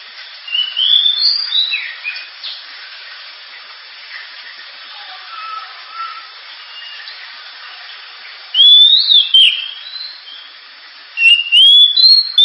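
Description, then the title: Oriental magpie-robin song, faint scattered whistles over steady hiss, followed by two loud, sharp bursts of slurred whistled notes. Gacor (persistently singing) bird with a sharp, very loud voice; recording presented as a pancingan, a lure to prompt other birds to sing. "Kacer Gacor Suara Tajam. Kacer Gacor Suara Super Kenceng Cocok untuk Pancingan"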